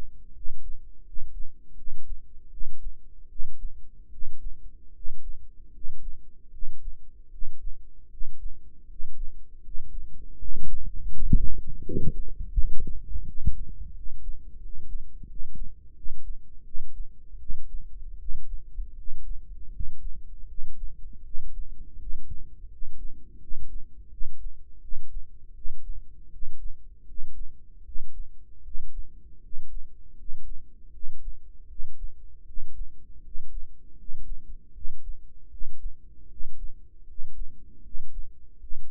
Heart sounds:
heart sounds by microphone in the right ear; 80 bpm
0.32 s: heartbeat
1.03 s: heartbeat
1.74 s: heartbeat
2.49 s: heartbeat
3.27 s: heartbeat
4.09 s: heartbeat
4.92 s: heartbeat
5.71 s: heartbeat
6.50 s: heartbeat
7.29 s: heartbeat
8.08 s: heartbeat
8.86 s: heartbeat
9.61 s: heartbeat
10.36 s: heartbeat
11.09 s: heartbeat
11.82 s: heartbeat
12.53 s: heartbeat
13.24 s: heartbeat
13.92 s: heartbeat
14.59 s: heartbeat
15.25 s: heartbeat
15.93 s: heartbeat
16.63 s: heartbeat
17.37 s: heartbeat
18.17 s: heartbeat
18.94 s: heartbeat
19.70 s: heartbeat
20.46 s: heartbeat
21.22 s: heartbeat
21.97 s: heartbeat
22.68 s: heartbeat
23.38 s: heartbeat
24.09 s: heartbeat
24.79 s: heartbeat
25.53 s: heartbeat
26.29 s: heartbeat
27.04 s: heartbeat
27.82 s: heartbeat
28.61 s: heartbeat
29.40 s: heartbeat
30.15 s: heartbeat
30.90 s: heartbeat
31.66 s: heartbeat
32.44 s: heartbeat
33.21 s: heartbeat
33.95 s: heartbeat
34.71 s: heartbeat
35.48 s: heartbeat
36.27 s: heartbeat
37.04 s: heartbeat
37.81 s: heartbeat
38.58 s: heartbeat
From the record:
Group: healthy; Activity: rest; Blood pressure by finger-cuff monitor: 113/76 mmHg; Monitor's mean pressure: 84 mmHg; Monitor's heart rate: 80 bpm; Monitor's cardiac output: 6.5 L/min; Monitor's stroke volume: 81 mL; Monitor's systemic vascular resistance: 960 dyn s/cm5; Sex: male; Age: 35 years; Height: 180 cm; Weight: 86.9 kg

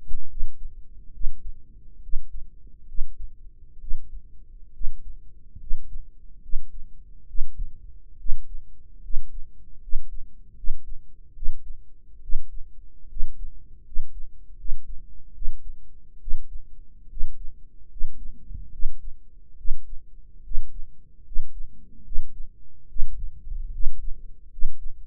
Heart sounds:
heart sounds by microphone in the right ear; 72 bpm
0.29 s: heartbeat
1.13 s: heartbeat
2.02 s: heartbeat
2.87 s: heartbeat
3.80 s: heartbeat
4.73 s: heartbeat
5.59 s: heartbeat
6.41 s: heartbeat
7.27 s: heartbeat
8.18 s: heartbeat
9.02 s: heartbeat
9.81 s: heartbeat
10.55 s: heartbeat
11.34 s: heartbeat
12.21 s: heartbeat
13.08 s: heartbeat
13.84 s: heartbeat
14.57 s: heartbeat
15.33 s: heartbeat
16.19 s: heartbeat
17.09 s: heartbeat
17.89 s: heartbeat
18.71 s: heartbeat
19.56 s: heartbeat
20.43 s: heartbeat
21.24 s: heartbeat
22.04 s: heartbeat
22.88 s: heartbeat
23.71 s: heartbeat
24.50 s: heartbeat
From the record:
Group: healthy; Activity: rest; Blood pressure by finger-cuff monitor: 163/110 mmHg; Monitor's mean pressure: 121 mmHg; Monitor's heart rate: 72 bpm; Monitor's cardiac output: 6.3 L/min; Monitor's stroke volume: 86 mL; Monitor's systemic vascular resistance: 1440 dyn s/cm5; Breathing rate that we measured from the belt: 16 breaths a minute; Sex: male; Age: 23 years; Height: 179 cm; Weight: 87 kg

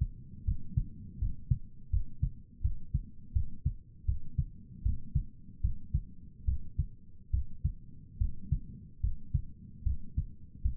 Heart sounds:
heart sounds by stethoscope; 77 bpm
0.46 s: heartbeat
1.20 s: heartbeat
1.92 s: heartbeat
2.63 s: heartbeat
3.34 s: heartbeat
4.07 s: heartbeat
4.84 s: heartbeat
5.63 s: heartbeat
6.47 s: heartbeat
7.32 s: heartbeat
8.20 s: heartbeat
9.02 s: heartbeat
9.85 s: heartbeat
10.64 s: heartbeat
From the record:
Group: healthy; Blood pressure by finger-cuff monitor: 126/72 mmHg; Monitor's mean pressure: 86 mmHg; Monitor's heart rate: 78 bpm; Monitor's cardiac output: 7.1 L/min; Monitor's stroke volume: 90 mL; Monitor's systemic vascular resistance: 810 dyn s/cm5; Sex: male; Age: 19 years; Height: 178 cm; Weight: 83 kg

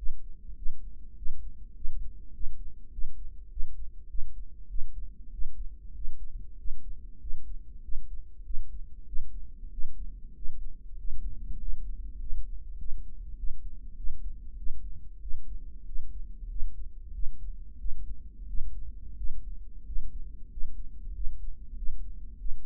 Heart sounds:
heart sounds by microphone in the right ear; 96 bpm
0.58 s: heartbeat
1.18 s: heartbeat
1.77 s: heartbeat
2.36 s: heartbeat
2.94 s: heartbeat
3.52 s: heartbeat
4.11 s: heartbeat
4.71 s: heartbeat
5.34 s: heartbeat
5.96 s: heartbeat
6.60 s: heartbeat
7.22 s: heartbeat
7.85 s: heartbeat
8.46 s: heartbeat
9.08 s: heartbeat
9.73 s: heartbeat
10.37 s: heartbeat
10.99 s: heartbeat
11.61 s: heartbeat
12.21 s: heartbeat
12.80 s: heartbeat
13.39 s: heartbeat
13.98 s: heartbeat
14.59 s: heartbeat
15.23 s: heartbeat
15.87 s: heartbeat
16.51 s: heartbeat
17.15 s: heartbeat
17.80 s: heartbeat
18.49 s: heartbeat
19.18 s: heartbeat
19.87 s: heartbeat
20.52 s: heartbeat
21.16 s: heartbeat
21.78 s: heartbeat
22.40 s: heartbeat
From the record:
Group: healthy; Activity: rest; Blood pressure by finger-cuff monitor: 151/79 mmHg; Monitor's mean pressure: 103 mmHg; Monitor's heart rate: 97 bpm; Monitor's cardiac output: 8.2 L/min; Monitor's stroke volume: 86 mL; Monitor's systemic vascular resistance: 930 dyn s/cm5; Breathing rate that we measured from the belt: 14 breaths a minute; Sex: male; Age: 21 years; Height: 175 cm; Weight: 72.6 kg

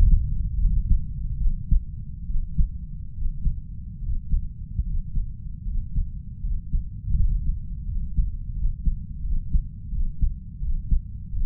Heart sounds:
heart sounds by stethoscope; 78 bpm
0.55 s: heartbeat
1.37 s: heartbeat
2.26 s: heartbeat
3.13 s: heartbeat
4.00 s: heartbeat
4.83 s: heartbeat
5.64 s: heartbeat
6.40 s: heartbeat
7.14 s: heartbeat
7.85 s: heartbeat
8.53 s: heartbeat
9.21 s: heartbeat
9.89 s: heartbeat
10.59 s: heartbeat
11.30 s: heartbeat
From the record:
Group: healthy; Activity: breath hold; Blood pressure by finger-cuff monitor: 83/47 mmHg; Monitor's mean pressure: 56 mmHg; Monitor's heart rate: 75 bpm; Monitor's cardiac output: 6.1 L/min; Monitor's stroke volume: 76 mL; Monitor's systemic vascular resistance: 700 dyn s/cm5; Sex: female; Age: 32 years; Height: 168 cm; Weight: 61.9 kg

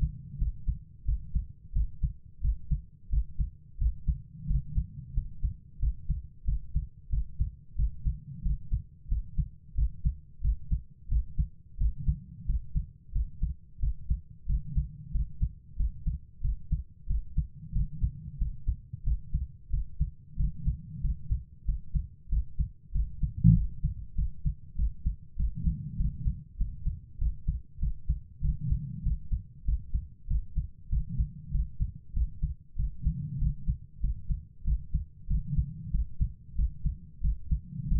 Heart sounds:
heart sounds by stethoscope; 93 bpm
0.37 s: heartbeat
1.04 s: heartbeat
1.71 s: heartbeat
2.40 s: heartbeat
3.08 s: heartbeat
3.77 s: heartbeat
4.45 s: heartbeat
5.12 s: heartbeat
5.78 s: heartbeat
6.44 s: heartbeat
7.08 s: heartbeat
7.74 s: heartbeat
8.41 s: heartbeat
9.07 s: heartbeat
9.74 s: heartbeat
10.40 s: heartbeat
11.07 s: heartbeat
11.76 s: heartbeat
12.44 s: heartbeat
13.11 s: heartbeat
13.78 s: heartbeat
14.45 s: heartbeat
15.10 s: heartbeat
15.75 s: heartbeat
16.40 s: heartbeat
17.06 s: heartbeat
17.71 s: heartbeat
18.37 s: heartbeat
19.02 s: heartbeat
19.69 s: heartbeat
20.35 s: heartbeat
21.00 s: heartbeat
21.64 s: heartbeat
22.28 s: heartbeat
22.91 s: heartbeat
23.52 s: heartbeat
24.14 s: heartbeat
24.75 s: heartbeat
25.35 s: heartbeat
25.96 s: heartbeat
26.56 s: heartbeat
27.17 s: heartbeat
27.78 s: heartbeat
28.40 s: heartbeat
29.02 s: heartbeat
29.64 s: heartbeat
30.26 s: heartbeat
30.88 s: heartbeat
31.50 s: heartbeat
32.12 s: heartbeat
32.75 s: heartbeat
33.37 s: heartbeat
33.99 s: heartbeat
34.63 s: heartbeat
35.26 s: heartbeat
35.90 s: heartbeat
36.54 s: heartbeat
37.20 s: heartbeat
37.87 s: heartbeat
From the record:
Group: healthy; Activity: rest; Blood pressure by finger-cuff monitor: 113/71 mmHg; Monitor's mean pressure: 86 mmHg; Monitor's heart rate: 93 bpm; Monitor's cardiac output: 7.2 L/min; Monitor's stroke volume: 78 mL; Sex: female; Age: 32 years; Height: 172 cm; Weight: 71.7 kg

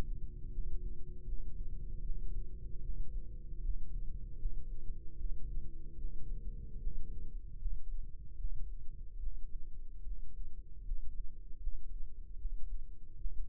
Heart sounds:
heart sounds by microphone in the right ear; 76 bpm
0.48 s: heartbeat
1.22 s: heartbeat
2.00 s: heartbeat
2.79 s: heartbeat
3.58 s: heartbeat
4.35 s: heartbeat
5.14 s: heartbeat
5.94 s: heartbeat
6.76 s: heartbeat
7.55 s: heartbeat
8.34 s: heartbeat
9.16 s: heartbeat
10.01 s: heartbeat
10.81 s: heartbeat
11.56 s: heartbeat
12.35 s: heartbeat
13.14 s: heartbeat
From the record:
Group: healthy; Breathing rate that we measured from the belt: 17 breaths a minute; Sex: male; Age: 21 years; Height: 180 cm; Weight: 67.5 kg

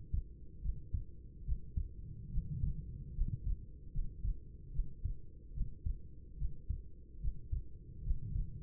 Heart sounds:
heart sounds by stethoscope; 73 bpm
0.61 s: heartbeat
1.44 s: heartbeat
2.29 s: heartbeat
3.13 s: heartbeat
3.91 s: heartbeat
4.71 s: heartbeat
5.52 s: heartbeat
6.36 s: heartbeat
7.19 s: heartbeat
8.02 s: heartbeat
From the record:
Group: healthy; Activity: rest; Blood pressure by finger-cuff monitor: 100/57 mmHg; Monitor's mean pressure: 72 mmHg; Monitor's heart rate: 74 bpm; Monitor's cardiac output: 6.5 L/min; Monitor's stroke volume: 88 mL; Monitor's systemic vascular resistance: 830 dyn s/cm5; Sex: female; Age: 26 years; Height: 165 cm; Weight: 55 kg

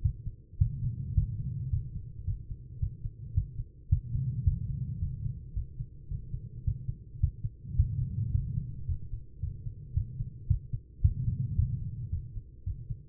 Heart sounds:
heart sounds by stethoscope; 109 bpm
0.02 s: heartbeat
0.58 s: heartbeat
1.14 s: heartbeat
1.70 s: heartbeat
2.25 s: heartbeat
2.80 s: heartbeat
3.34 s: heartbeat
3.89 s: heartbeat
4.44 s: heartbeat
4.99 s: heartbeat
5.53 s: heartbeat
6.08 s: heartbeat
6.64 s: heartbeat
7.20 s: heartbeat
7.76 s: heartbeat
8.31 s: heartbeat
8.86 s: heartbeat
9.40 s: heartbeat
9.94 s: heartbeat
10.47 s: heartbeat
11.02 s: heartbeat
11.56 s: heartbeat
12.10 s: heartbeat
12.64 s: heartbeat
From the record:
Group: healthy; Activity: rest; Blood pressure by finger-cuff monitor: 145/80 mmHg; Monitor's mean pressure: 97 mmHg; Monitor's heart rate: 109 bpm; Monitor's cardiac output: 7.5 L/min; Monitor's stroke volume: 69 mL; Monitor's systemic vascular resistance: 960 dyn s/cm5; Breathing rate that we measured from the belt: 17 breaths a minute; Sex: female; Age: 43 years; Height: 160 cm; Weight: 90 kg

